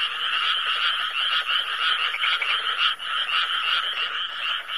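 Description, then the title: Frogs croaking together in a thick, unbroken chorus of fast, grating pulses that overlap steadily throughout. "개구리 울음 소리"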